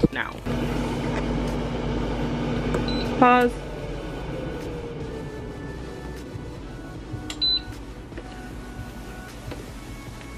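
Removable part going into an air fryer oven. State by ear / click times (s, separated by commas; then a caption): not seated / none. A removable part is handled as it goes back into a Nuwave Brio 10qt air fryer oven after french toast is taken out; it has to lock in so it won't fall. Someone talks briefly over a steady background hum, with short electronic beeps around 3 s and 7.4 s and light handling knocks. Nothing has seated or clicked yet.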